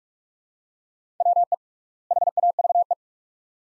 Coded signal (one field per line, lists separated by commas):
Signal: Morse code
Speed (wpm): 42 wpm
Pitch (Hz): 700 Hz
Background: none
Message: WE HAVE